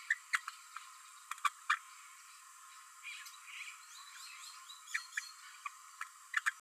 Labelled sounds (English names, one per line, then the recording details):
Green-rumped Parrotlet babbling
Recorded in a nest box in Venezuela
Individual 18B12A1